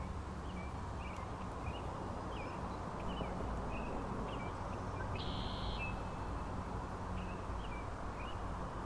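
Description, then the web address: Frog chorus, a dense continuous din with short chirping notes scattered through it, plus one buzzy call midway. Frog chorus at Grafton Lake, recorded 3 May 2009. "The Frog Chorus Tunes Up On Grafton Lake"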